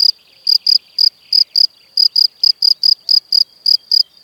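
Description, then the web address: Cricket chirps, high and buzzy, given singly or in close pairs with uneven gaps. "Kurs PTTK Przyroda Ptaki Świerszcze"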